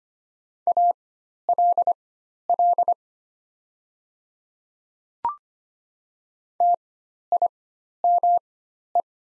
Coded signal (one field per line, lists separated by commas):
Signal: Morse code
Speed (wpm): 25 wpm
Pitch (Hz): 700 Hz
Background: none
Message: ALL TIME